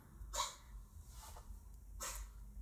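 Lux, a female pet cat, sneezes twice: two short, sharp bursts of hissing noise about a second and a half apart.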